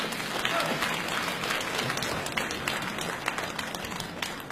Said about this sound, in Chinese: 三 号选手参赛作品是《家里的事儿》，掌声请出江苏盐城文化馆的